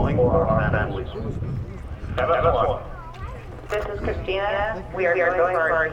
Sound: over loudspeaker